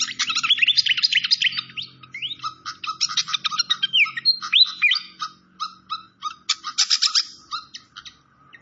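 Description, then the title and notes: Malaysian pied fantail song opens with a thick burst of twittering, then continues as quick chips and curving whistles, about four notes a second, fading near the end. Clear-voiced song on a masteran (training recording) for cage birds. "Masteran Sikatan Kipas Suara Jernih Dan Suara Gemericik Air. Suara Burung Sikatan Londo"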